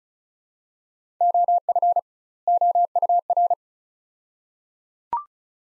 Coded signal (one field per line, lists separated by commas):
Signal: Morse code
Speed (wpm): 36 wpm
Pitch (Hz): 700 Hz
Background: none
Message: OF OUR